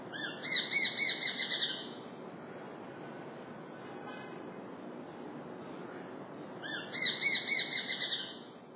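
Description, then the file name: Japanese sparrowhawk giving two quick series of shrill, ringing 'kyi-kyi-kyi' notes about six seconds apart, each burst of six or seven notes fading slightly, over faint background. Recorded in Utsunomiya on 17 March 2009. "tsumi 090317 utsunomiya hirano"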